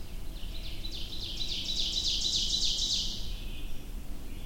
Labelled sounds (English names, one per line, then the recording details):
Ovenbird song
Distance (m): 35 m
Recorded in boreal forest in Alberta, Canada, on 22 June 2016 at 05:43
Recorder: SongMeter 3, array SBT-6-76
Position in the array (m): 281 m, 108 m
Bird 1